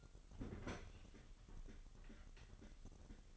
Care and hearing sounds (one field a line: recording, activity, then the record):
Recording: daily activity, microphone in the room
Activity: open fridge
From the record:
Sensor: 4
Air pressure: 989.2 hPa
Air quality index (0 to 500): 224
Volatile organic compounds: 84 ppm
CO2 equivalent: 3640 ppm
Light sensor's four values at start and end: 27/94/34/36 and 27/92/34/36